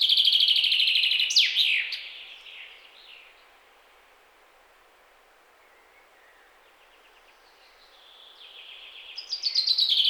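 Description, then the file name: Common chaffinch song: a bright trill ending in a sharp flourish, followed by quiet, then the start of another phrase at the end. "Fringilla coelebs"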